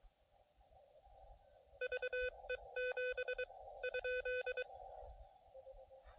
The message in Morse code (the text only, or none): VE7 ?